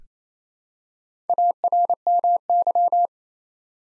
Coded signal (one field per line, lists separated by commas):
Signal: Morse code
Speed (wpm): 28 wpm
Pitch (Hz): 700 Hz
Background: none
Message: ARMY